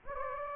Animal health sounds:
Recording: mosquito wingbeat signal from an infrared sensor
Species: Anopheles gambiae

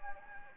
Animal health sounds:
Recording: mosquito wingbeat signal from an infrared sensor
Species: Anopheles gambiae

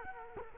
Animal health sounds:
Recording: mosquito wingbeat signal from an infrared sensor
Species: Culex quinquefasciatus

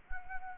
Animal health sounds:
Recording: mosquito wingbeat signal from an infrared sensor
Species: Anopheles arabiensis

